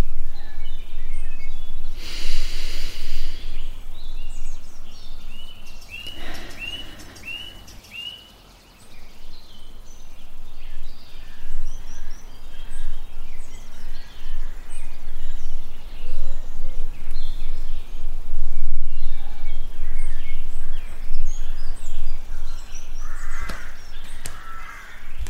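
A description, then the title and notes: A walk in the woods with a steady low rumble of wind or movement underneath. Birds chirp and call throughout, including a quick run of repeated notes around six seconds. Occasional sharp rustles or crunches break in near two, six and twenty-three seconds. Walk in the woods.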